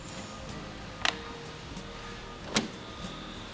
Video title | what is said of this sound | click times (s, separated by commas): How to Adjust and Maintain your Double Hung Windows | with the other side snap | 1.1 s, 2.6 s